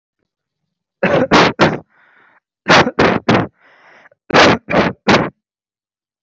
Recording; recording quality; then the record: shallow voluntary cough; excellent, no background noise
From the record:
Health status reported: healthy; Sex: male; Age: 25 years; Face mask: not worn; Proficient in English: yes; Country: India